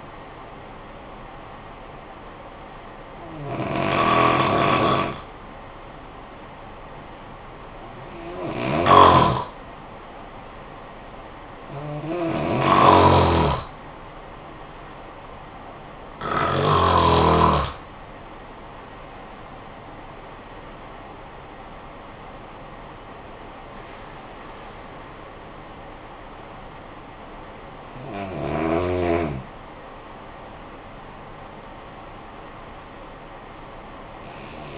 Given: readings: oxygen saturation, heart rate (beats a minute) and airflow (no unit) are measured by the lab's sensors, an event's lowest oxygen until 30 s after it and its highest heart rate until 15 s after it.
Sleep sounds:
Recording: breathing in sleep by a voice recorder at the bedside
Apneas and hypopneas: 1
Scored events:
6.00-22.00 s: hypopnea (N1, oxygen 97% highest, then 94% lowest, heart rate 61 at the start, 77 highest)
From the record:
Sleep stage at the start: N1 (lightest sleep)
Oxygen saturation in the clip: 94 to 97%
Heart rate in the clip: 55 to 77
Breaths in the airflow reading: 6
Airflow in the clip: -13.9 to 15.0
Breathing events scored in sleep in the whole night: 445 in 7.6 hours asleep

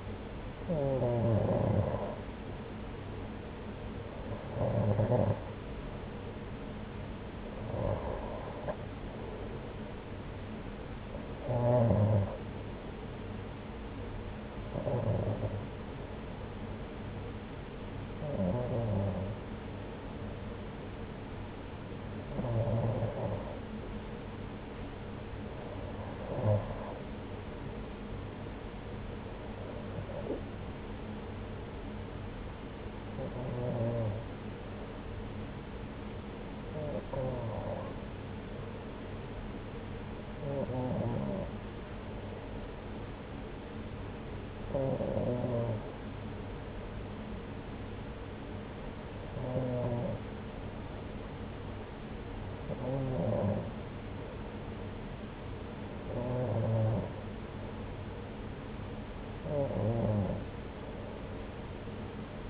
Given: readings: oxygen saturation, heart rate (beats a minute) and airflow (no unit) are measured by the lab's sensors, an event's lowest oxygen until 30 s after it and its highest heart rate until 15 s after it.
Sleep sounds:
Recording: breathing in sleep by a voice recorder at the bedside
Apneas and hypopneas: none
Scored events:
51.00-62.50 s: new sleep stage, N2 (light sleep)
From the record:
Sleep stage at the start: N1 (lightest sleep)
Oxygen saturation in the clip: 91 to 94%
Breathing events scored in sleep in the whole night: 303 in 8.1 hours asleep

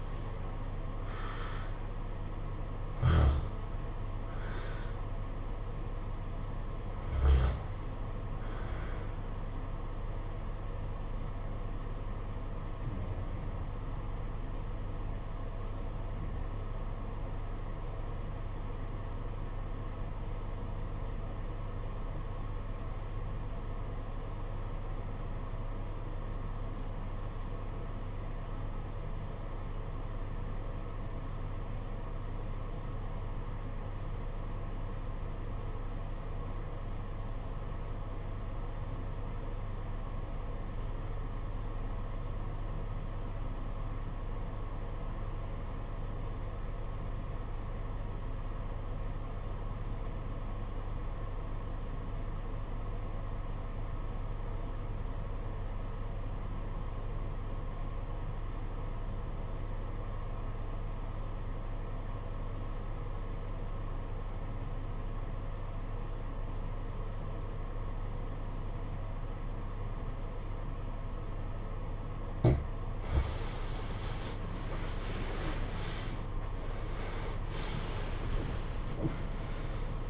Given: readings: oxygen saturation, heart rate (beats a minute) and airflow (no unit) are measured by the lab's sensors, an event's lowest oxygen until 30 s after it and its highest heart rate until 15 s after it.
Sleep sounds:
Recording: breathing in sleep by a smartphone at the bedside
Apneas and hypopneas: 1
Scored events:
13.00-75.20 s: obstructive apnea (REM, oxygen 95% highest, then 66% lowest, heart rate 63 at the start, 102 highest)
From the record:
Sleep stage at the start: REM sleep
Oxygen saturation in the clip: 68 to 95%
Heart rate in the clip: 60 to 102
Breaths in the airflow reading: 7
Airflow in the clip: -15.8 to 17.8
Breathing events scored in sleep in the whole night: 476 in 9.7 hours asleep

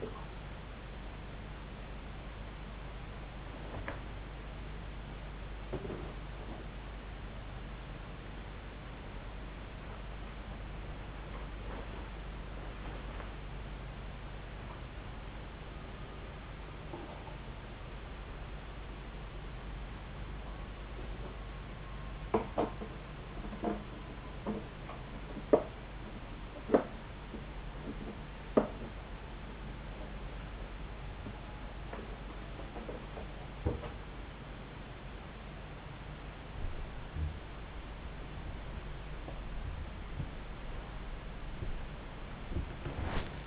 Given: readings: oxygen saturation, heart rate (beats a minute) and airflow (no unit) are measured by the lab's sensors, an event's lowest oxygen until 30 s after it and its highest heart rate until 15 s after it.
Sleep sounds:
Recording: a person awake in a sleep study, by a voice recorder at the bedside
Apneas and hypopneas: none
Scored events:
0.00-43.47 s: awake
From the record:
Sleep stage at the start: awake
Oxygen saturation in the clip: 93 to 95%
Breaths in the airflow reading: 15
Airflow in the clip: -10.6 to 8.2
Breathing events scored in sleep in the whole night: 270 in 6.1 hours asleep

